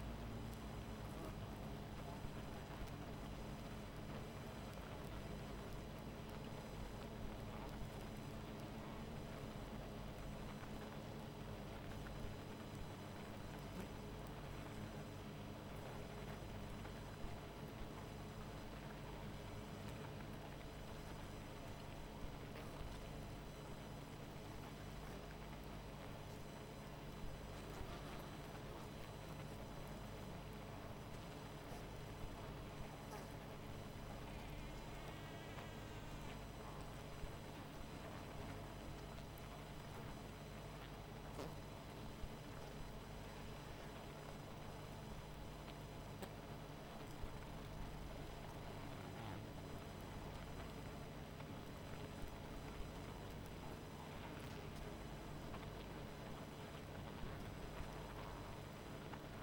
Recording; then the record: honeybee colony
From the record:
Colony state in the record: missing queen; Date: 14 July 2017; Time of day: 19:27